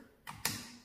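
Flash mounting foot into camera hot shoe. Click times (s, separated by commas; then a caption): 0.4 s. A flash's mounting foot is slid into a camera's hot shoe and pushed in fully, since a partly inserted flash may malfunction. A softer sliding scrape starts around 0.3 s, followed by a sharp click at 0.5 s as the foot seats in the hot shoe.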